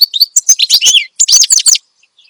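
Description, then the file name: Finch song: two rapid bursts of high, sweeping chirps and twitters separated by a short pause. Energetic ('gacor') song used as a master recording for tutoring songbirds. "Suara Kicauan Burung Finch Gacor Dor Cocok Untuk Masteran"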